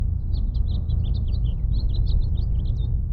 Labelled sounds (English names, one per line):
House Finch song